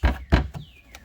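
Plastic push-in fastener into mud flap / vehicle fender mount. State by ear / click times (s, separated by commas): seated / 0.9 s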